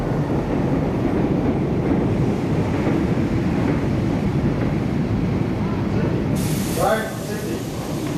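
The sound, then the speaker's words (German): A suburban train bound for West Boisrecht via North Acton, Greenport and Northridge runs with a steady, heavy low rumble and clatter throughout, joined near the end by a brighter hiss and a brief squealing tone. “Zug fährt nach West Boisrecht über North Acton, Greenport, Northridge.”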